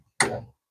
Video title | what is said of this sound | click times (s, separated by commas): FLASHFORGE Adventurer 5m Pro 3d Printer (Extruder clogged full repair walk-through) | There it go. It snapped right in. | 0.2 s